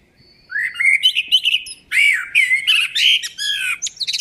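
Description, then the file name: Eurasian blackbird delivering one continuous song phrase: a rising fluty whistle followed by a tumbling run of warbled notes mixed with high, strained twittering. "Turdus merula"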